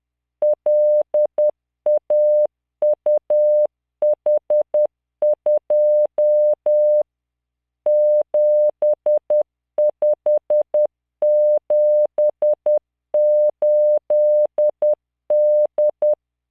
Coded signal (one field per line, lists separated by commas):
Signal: Morse code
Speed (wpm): 10 wpm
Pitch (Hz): 600 Hz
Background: none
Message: LAUH2 7578D